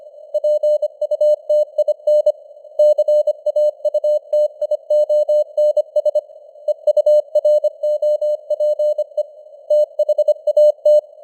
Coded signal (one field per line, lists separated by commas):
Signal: Morse code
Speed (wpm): 25 wpm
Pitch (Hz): 600 Hz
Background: none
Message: PUTIN CAUTIONS EUROPE THAT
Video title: Morse Code News | 2025-12-03 | 25wpm